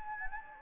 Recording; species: mosquito wingbeat signal from an infrared sensor; Anopheles gambiae